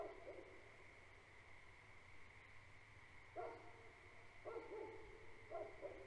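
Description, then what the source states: Great Pyrenees giving harmonic-rich barks at the opening and in three separate bursts later, with a continuous shrill frog chorus droning beneath. Two livestock guardian dogs on a farm at night, barking for the first five minutes and periodically afterward; frog chorus in background; recorded March 2021.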